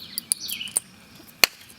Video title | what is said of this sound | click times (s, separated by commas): 2007 12 Nissan Altima Rear Brakes | click right in. | 1.4 s